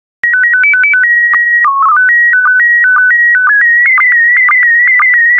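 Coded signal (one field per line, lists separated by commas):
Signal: SSTV (slow-scan television)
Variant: PD 120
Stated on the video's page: PD120 SSTV test images made for decoding practice.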